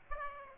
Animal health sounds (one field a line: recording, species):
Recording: mosquito wingbeat signal from an infrared sensor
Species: Aedes aegypti